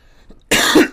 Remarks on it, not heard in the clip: You're coughing right into the mic. I was just trying to test it.